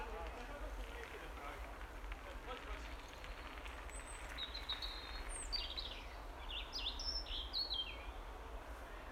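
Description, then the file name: European robin singing a burst of high, tumbling whistled notes in the second half, with a steady low hum underneath. "Erithacus rubecula"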